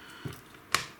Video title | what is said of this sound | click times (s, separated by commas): Tutorial - AK Storm NGRS - Disassembly - Reassembly | until the actual uh sort of front barrel assembly uh clicks into place okay | 0.7 s